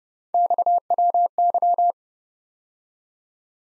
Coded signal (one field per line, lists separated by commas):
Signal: Morse code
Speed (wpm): 30 wpm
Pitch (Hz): 700 Hz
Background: none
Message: XWY